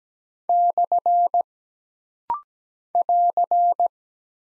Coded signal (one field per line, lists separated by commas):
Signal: Morse code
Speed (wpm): 17 wpm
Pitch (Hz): 700 Hz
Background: none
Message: / <AR>